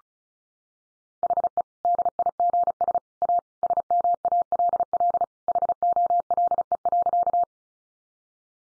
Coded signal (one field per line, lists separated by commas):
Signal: Morse code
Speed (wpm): 34 wpm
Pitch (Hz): 700 Hz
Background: none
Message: HE DIGS A SMALL HOLE.